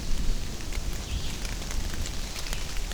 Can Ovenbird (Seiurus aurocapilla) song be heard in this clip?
no